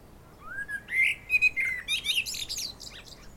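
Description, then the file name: Common blackbird song: a low fluty whistled phrase rising and wavering, then a burst of high, squeaky twittering notes to finish. "Turdus merula"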